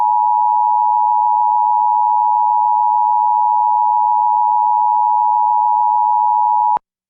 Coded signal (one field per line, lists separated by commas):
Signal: Emergency Alert System (SAME) tones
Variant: 853 and 960 Hz attention tone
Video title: EAS #855-856: 2 EAS Required Monthly Tests- Aug. 7, 2023- 12:15AM PDT